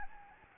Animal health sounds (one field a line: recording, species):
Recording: mosquito wingbeat signal from an infrared sensor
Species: Anopheles gambiae